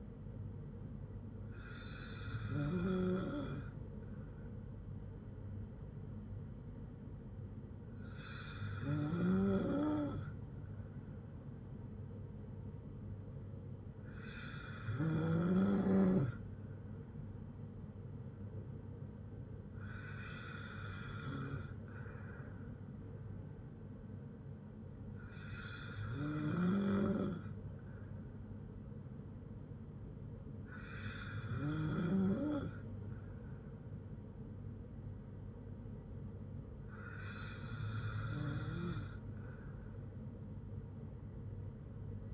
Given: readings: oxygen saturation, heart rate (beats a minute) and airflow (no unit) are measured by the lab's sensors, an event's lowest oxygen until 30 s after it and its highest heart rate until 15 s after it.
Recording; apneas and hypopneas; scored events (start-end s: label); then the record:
breathing in sleep by a smartphone at the bedside; none
none scored
From the record:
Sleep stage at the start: N2 (light sleep); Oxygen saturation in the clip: 93 to 94%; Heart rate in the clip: 55 to 60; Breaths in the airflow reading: 7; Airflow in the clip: -5.7 to 3.8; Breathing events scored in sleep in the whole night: 182 in 7.4 hours asleep